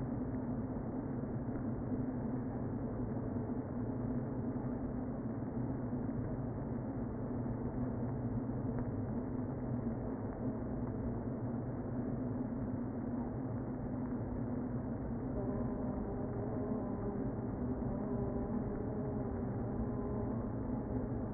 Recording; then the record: honeybee colony, microphone inside the hive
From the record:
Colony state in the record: queen present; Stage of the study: before two queens were removed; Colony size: about 60,000 bees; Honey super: yes